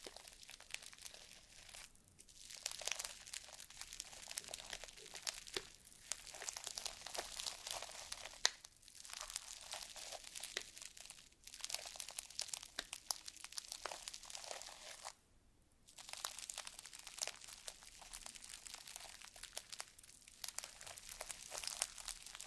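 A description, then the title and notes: Slime being squeezed and played with makes a dense stream of crackly, crinkling pops and squelches, bright and busy. The sound comes in bursts of a few seconds, broken by short silent pauses near 2, 8.5, 11 and 15.5 seconds. ASMR SLIME SATISFYING - NO TALKING.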